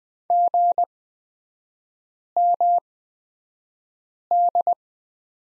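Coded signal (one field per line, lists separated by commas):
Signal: Morse code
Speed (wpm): 20 wpm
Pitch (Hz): 700 Hz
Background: none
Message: GMD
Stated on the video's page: Morse course lesson on the letter Z with three-character groups, Farnsworth spacing of 20/10 wpm.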